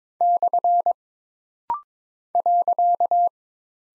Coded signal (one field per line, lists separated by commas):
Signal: Morse code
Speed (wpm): 22 wpm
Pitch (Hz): 700 Hz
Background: none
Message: / .